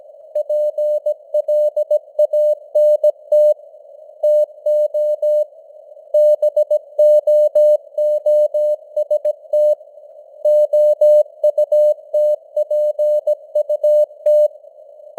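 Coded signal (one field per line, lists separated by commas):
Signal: Morse code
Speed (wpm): 17 wpm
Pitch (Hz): 600 Hz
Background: none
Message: PLANT TO BOOST OUTPUT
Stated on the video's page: Simulated news headlines in Morse at 17 wpm with artificial radio noise and varying signal strength (QSB).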